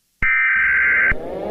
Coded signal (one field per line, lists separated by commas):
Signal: Emergency Alert System (SAME) tones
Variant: header bursts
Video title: The Entity (EAS SCENARIO)